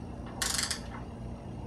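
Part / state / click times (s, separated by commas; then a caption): torque wrench on seat post clamp bolt / torque reached / 0.4 s. A torque wrench set to 4 Nm, fitted with a 4 mm bit, tightens the bolt on a carbon seat post clamp. The wrench gives its snap at 0.4 s, a sharp bright burst followed by a smaller tick at about 0.7 s. This confirms the bolt is torqued to 4 Nm.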